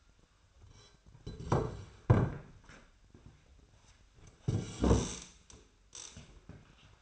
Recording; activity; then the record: daily activity, microphone in the room; sit down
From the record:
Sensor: 2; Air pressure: 1007.6 hPa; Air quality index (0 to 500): 180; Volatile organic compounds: 10 ppm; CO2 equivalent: 2213 ppm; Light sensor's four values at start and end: 10/23/9/10 and 10/23/9/10